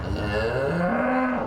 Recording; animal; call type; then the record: contact call of a hoofed animal; cattle; low-frequency (closed-mouth) or high-frequency (open-mouth) call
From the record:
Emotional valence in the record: positive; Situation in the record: visual reunion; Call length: 1.47 s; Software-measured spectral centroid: 1340 Hz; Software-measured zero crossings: 1380 a second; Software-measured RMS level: -24 dBFS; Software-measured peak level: -11 dBFS